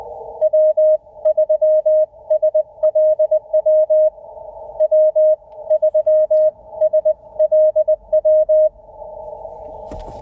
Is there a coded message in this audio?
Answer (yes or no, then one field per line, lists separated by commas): yes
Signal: Morse code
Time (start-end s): 0.4-8.7 s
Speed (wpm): 20 wpm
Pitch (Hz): 620 Hz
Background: none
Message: W3SLW W3SLW